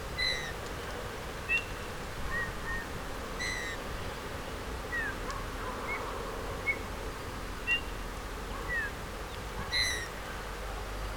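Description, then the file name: Eurasian bullfinch calls: brief, soft piping whistles, some falling, spaced irregularly every second or two, over a steady low rumble and hiss. "Pyrrhula pyrrhula"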